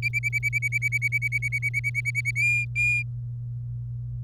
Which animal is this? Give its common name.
Domestic Canary